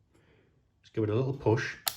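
A laptop memory stick sits proud at an angle in its RAM slot while it is handled, with faint low handling noise before someone talks from about 0.9 s. A short sharp tap comes near 1.9 s. Nothing has seated or clicked into place yet.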